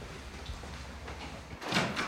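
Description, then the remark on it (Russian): A father closes a glass door; it slides and shuts with a brief, rattling knock near the end, after a stretch of low, steady rumbling background noise. No one speaks. “Отец закрывает стеклянную дверь.”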